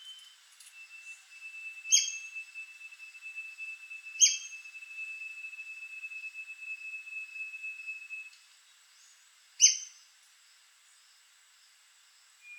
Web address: White crested spadebill. پرنده-بیلچه-نوک-کاکل-سفید